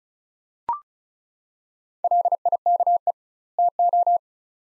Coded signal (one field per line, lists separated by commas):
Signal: Morse code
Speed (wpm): 36 wpm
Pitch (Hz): 700 Hz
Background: none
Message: LIKE TO